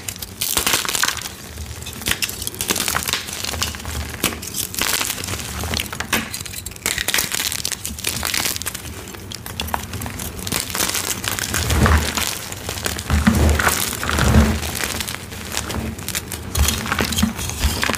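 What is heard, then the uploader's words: Gym chalk mixed with baby oil is crushed and squeezed, giving a dense, continuous crackling and crinkling with many sharp, bright grains. The texture holds fairly steady, with heavier squishing bursts around 12 and 14 seconds and a soft low rumble underneath. Baby Oil Gym Chalk Crushing Compilation.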